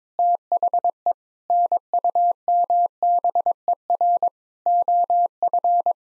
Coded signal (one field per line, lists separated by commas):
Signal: Morse code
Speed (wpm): 22 wpm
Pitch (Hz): 700 Hz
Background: none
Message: THE NUMBER OF